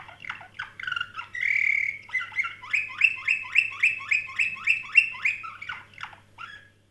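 Canary singing: quick chirps and a buzzy held note give way to a steady rolling trill of rapidly repeated syllables, with a faint low hum.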